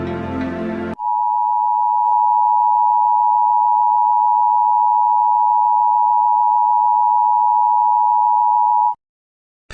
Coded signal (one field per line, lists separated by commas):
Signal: Emergency Alert System (SAME) tones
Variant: 853 and 960 Hz attention tone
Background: music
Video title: [6742] Gotta build bypasses... (EAS scenario)